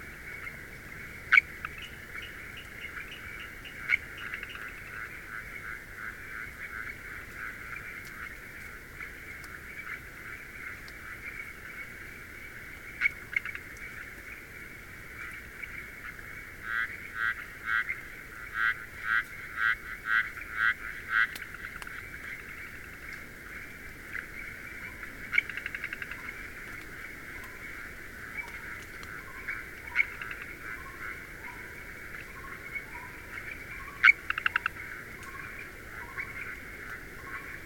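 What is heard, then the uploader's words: A dense, steady chorus of frogs trills in the hills, with louder pulsing calls midway and soft low croaks bubbling up later. Garo Hills Frogs, Himalayas - If We Vanish. The Garo Hills are the youngest part of the Himalayas.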